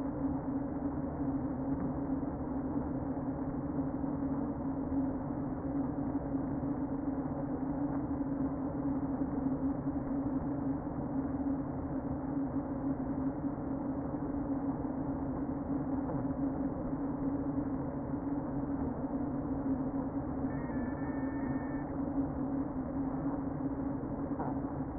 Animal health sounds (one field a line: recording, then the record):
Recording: honeybee colony, microphone inside the hive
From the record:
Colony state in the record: queen present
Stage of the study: before two queens were removed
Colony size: about 60,000 bees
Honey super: yes